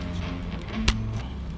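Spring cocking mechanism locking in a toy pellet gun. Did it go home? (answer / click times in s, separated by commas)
yes / 0.9 s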